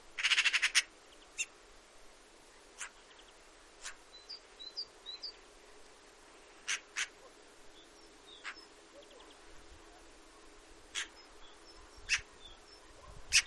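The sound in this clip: Eurasian magpie opens with a loud rapid rattling chatter, then gives spaced single harsh notes, with thin chirps of other birds.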